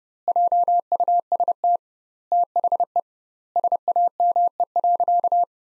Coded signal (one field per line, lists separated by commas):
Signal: Morse code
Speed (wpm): 30 wpm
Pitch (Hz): 700 Hz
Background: none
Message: JUST THE SAME.